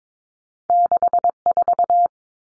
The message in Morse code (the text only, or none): 64